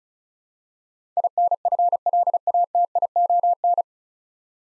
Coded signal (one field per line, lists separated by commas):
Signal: Morse code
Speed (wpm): 36 wpm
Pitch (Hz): 700 Hz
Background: none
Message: INFLATION